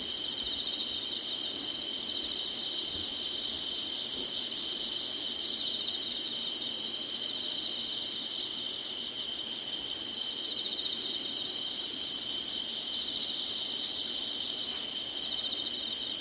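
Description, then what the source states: Insects chorusing in a long, unbroken high buzz, with small swells in loudness now and then. Singing insects in summer.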